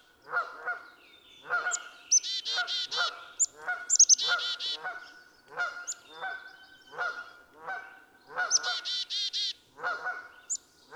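Black-capped chickadee calling in bursts of several buzzy dee notes, some led by a high sharp note, among constant repeated honking from geese.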